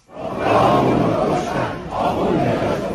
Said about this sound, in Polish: Manifestujący przed jednym z uniwersytetów w Teheranie wznosili okrzyki precz z duchownymi.